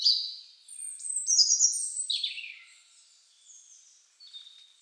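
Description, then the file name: European robin song with very high thin whistles sliding into lower warbling trills, then fading softer notes. "Erithacus rubecula"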